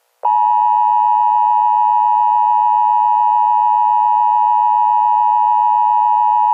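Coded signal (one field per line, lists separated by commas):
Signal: Emergency Alert System (SAME) tones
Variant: 853 and 960 Hz attention tone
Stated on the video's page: Mock EAS warning made for entertainment; not real.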